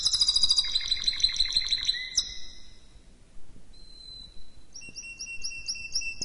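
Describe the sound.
Canary song: a dense opening trill running into rolled notes, then a quieter gap with a thin whistle, and a run of repeated chirps to close.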